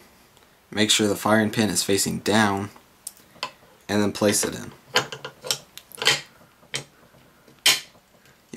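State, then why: Seated. A steel bolt is placed into a Ruger 10/22 semi-automatic rifle receiver with the firing pin facing down while the charging handle is held back, as someone talks. Several light metallic clicks and scrapes follow, then a sharp click at 7.7 s as the bolt seats in the receiver.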